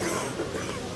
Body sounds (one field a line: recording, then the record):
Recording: coughing mixed with background sound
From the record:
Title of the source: 31 night wet cough